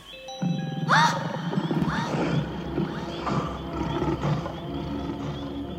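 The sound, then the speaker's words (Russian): A large animal lets out a loud, rising roar-like cry, followed by several shorter strained bellows over a low rumbling background, sounding like an injured bear roaring in pain. “Скорее всего, медведь на что-то напоролся и поранился.”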